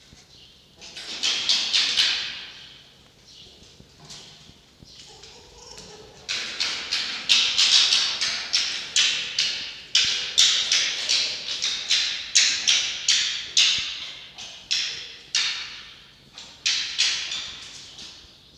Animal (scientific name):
Vulpes vulpes